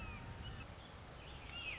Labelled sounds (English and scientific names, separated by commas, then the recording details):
Red-shouldered Hawk (Buteo lineatus)
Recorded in Sonoma County, California